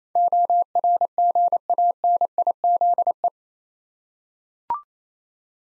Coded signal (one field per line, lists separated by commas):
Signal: Morse code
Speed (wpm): 27 wpm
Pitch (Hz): 700 Hz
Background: none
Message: ORGANIZE